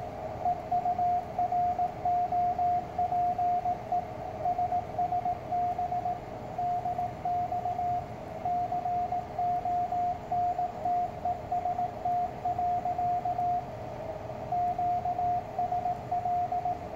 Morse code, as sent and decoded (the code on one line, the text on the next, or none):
. ..- .-. --- .--. . / ... ... -... / -.. -..- / -.-. --- -. - . ... - .-.-.- / --.- ... .-..
EUROPE SSB DX CONTEST. QSL